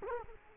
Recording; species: mosquito wingbeat signal from an infrared sensor; Culex quinquefasciatus